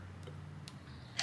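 The timing chain tensioner ratchet on a K-series engine block is worked until it will go no further. Faint ticking clicks are heard over a low hum at 0.7 s and 1.2 s, and the ratchet is confirmed seated.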